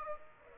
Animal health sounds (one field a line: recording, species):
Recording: mosquito wingbeat signal from an infrared sensor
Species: Aedes aegypti